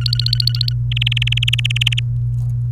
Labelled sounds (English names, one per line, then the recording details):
Domestic Canary song
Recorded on 28 April 2018 at 16:26
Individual llb3